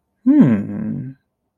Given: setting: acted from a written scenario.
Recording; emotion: vocal sound without words; interest